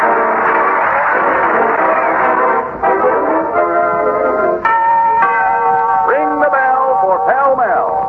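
sound effect, bell ringing

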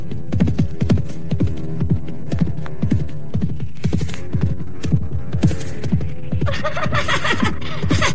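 animal, horse hooves clip-clopping

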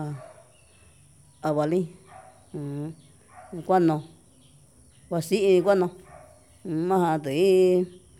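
animal, dog barking

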